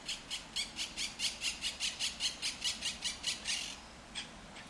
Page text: Cities and Memory - remixing the world. Monk parakeets in Madrid. Madrid has the greatest population of Monk Parakeets in Europe, many of whom can be seen and heard in the El Retiro park